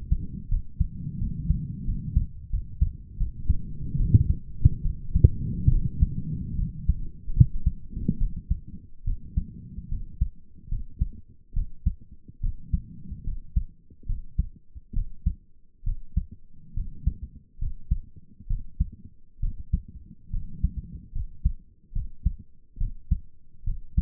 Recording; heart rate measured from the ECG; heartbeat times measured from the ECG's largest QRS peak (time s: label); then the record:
heart sounds by stethoscope; 73 bpm
0.48 s: heartbeat
1.18 s: heartbeat
1.85 s: heartbeat
2.50 s: heartbeat
3.17 s: heartbeat
3.97 s: heartbeat
4.82 s: heartbeat
5.69 s: heartbeat
6.56 s: heartbeat
7.33 s: heartbeat
8.18 s: heartbeat
9.04 s: heartbeat
9.88 s: heartbeat
10.68 s: heartbeat
11.53 s: heartbeat
12.40 s: heartbeat
13.24 s: heartbeat
14.06 s: heartbeat
14.93 s: heartbeat
15.83 s: heartbeat
16.74 s: heartbeat
17.58 s: heartbeat
18.47 s: heartbeat
19.39 s: heartbeat
20.30 s: heartbeat
21.12 s: heartbeat
21.92 s: heartbeat
22.77 s: heartbeat
23.64 s: heartbeat
From the record:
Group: healthy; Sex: female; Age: 22 years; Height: 154 cm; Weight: 58.7 kg